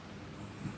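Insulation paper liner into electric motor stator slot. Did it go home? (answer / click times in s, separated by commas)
no / none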